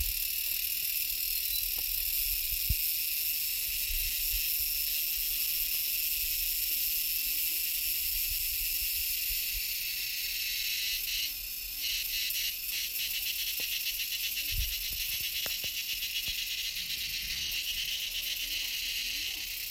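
Dense, steady jungle insect chorus buzzes high and bright throughout, with faint low thumps and rustles scattered beneath, pulsing more after midway.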